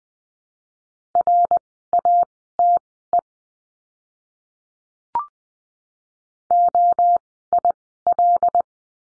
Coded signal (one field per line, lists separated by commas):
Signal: Morse code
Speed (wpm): 20 wpm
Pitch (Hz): 700 Hz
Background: none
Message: RATE OIL